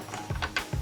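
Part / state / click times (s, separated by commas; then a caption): plastic lantern hook into toy building wall / not seated / none. A plastic lantern hook from a 1994 Playmobil Golden Nugget Saloon (Set 3787) is handled at a hole in the plastic saloon wall, to be slid down until it locks in place. Light plastic taps sound near 0.4 and 0.6 s over background music. Nothing has seated or clicked yet.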